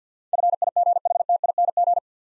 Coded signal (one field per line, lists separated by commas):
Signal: Morse code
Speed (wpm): 48 wpm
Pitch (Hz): 700 Hz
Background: none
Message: FIGHTING